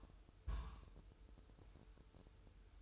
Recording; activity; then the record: daily activity, microphone in the room; place on stove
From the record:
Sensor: 2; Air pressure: 988.2 hPa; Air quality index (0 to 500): 190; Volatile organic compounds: 180 ppm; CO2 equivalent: 4144 ppm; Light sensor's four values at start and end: 21/70/27/26 and 21/70/27/26